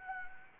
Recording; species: mosquito wingbeat signal from an infrared sensor; Anopheles gambiae